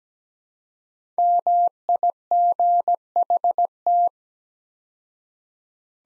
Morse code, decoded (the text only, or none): MIGHT